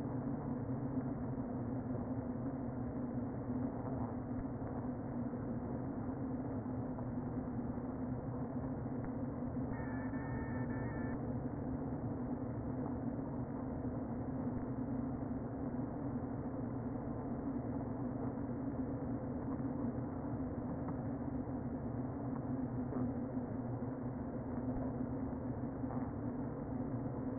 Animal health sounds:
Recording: honeybee colony, microphone inside the hive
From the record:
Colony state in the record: queen present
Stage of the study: before two queens were removed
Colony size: about 60,000 bees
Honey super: yes

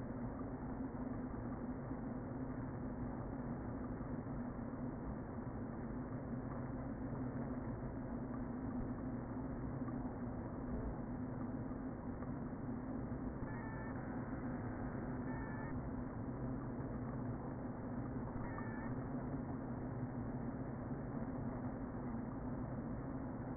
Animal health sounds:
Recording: honeybee colony, microphone inside the hive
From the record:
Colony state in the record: queen present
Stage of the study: before two queens were removed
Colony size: about 60,000 bees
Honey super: yes

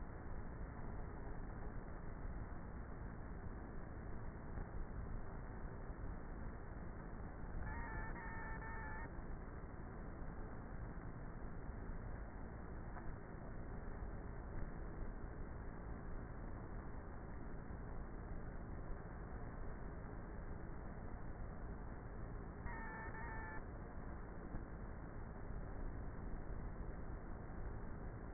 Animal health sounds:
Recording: honeybee colony, microphone inside the hive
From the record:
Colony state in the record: queenless with a low population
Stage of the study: before two queens were removed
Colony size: about 30,000 bees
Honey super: no

